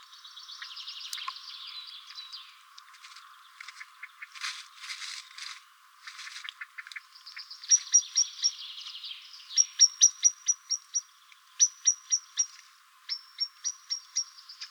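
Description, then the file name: Common blackbird calls: a scratchy, jumbled stretch of noisy notes gives way to repeated bursts of crisp, clipped ticks in the second half. "Turdus merula"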